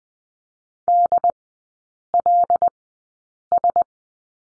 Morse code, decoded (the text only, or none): DLS